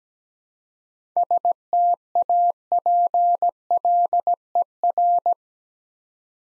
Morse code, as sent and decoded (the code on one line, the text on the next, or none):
... - .- .--. .-.. . .-.
STAPLER